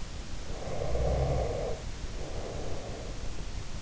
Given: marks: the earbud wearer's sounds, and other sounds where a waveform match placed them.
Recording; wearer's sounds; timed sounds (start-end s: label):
sounds in sleep by an in-ear microphone; breath
0.47-3.57 s: breath